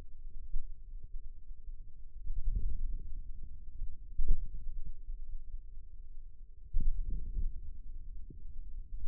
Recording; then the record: forearm muscle sounds (acoustic myography)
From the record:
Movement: ulnar deviation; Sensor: system 2, bracelet of six BSWA MPA416 microphones around the upper forearm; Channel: 4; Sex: male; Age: 22 years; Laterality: right